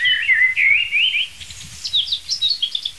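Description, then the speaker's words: Common blackbird song: mellow, fluted warbling phrases for over a second, then a higher, softer twittering flourish of quick notes, with faint low background noise. Singing in a free-standing oak overhead at dawn, when it is already fairly light; described as the bird at its most virtuosic. "Und in der über uns rauschenden Eiche, eine schöne freistehende Eiche, gibt es sich die Amsel von ihrer virtuosesten Seite."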